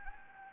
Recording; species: mosquito wingbeat signal from an infrared sensor; Anopheles gambiae